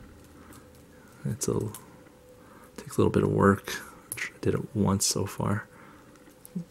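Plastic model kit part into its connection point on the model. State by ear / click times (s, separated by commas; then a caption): seated / 6.5 s. A plastic part of an RG Gundam 00 Qan[T] model kit is pushed into its connection point on the model, with no adapter needed, while someone talks. A short, sharp click is heard at about 6.5 seconds as the part seats in place.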